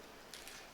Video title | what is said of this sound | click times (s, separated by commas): Dispositivos para oxigenação | aqui ele faz um clique | 0.3 s